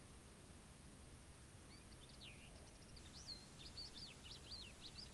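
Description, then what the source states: Bird song, high thin whistles that begin faint and grow clearer halfway through, with quick looping up-and-down notes repeated over a low constant hiss. Morning at a desert camp in Morocco.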